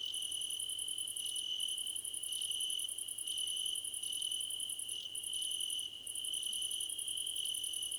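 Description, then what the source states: Crickets chirping in a dense chorus: a steady high trill underneath and a very high pulsed chirping that keeps breaking off, overlapping singers throughout. Crickets in a chorus described as a choir competition.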